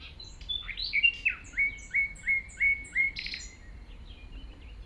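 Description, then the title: Common nightingale singing a swooping whistle, then six evenly paced repeated notes about three per second, closing with a rasping burst and softer trailing notes. Singing in tall grass at Chindrieux, France, approached on foot by the recordist; it is deaf to outside noise while singing. "195 Rue de Vars, 73310 Chindrieux, France - approche d'un rossignol"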